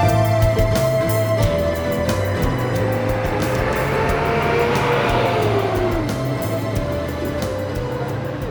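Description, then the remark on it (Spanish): Steady street traffic roars throughout, with engine rumble and tire hiss from cars going by and one engine tone sliding downward as a vehicle passes. No voices. “Estaba sentado en este rinconcito del mundo, mirando pasar los autos.”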